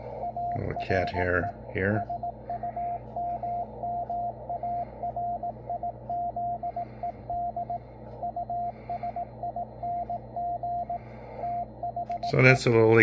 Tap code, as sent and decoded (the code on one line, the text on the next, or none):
none